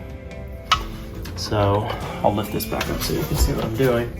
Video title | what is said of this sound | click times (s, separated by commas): How to Assemble Melissa and Doug Kids Easel in 30 Minutes! Easy! | basically pops into place. | 0.7 s